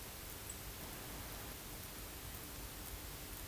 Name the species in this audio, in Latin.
Turdus philomelos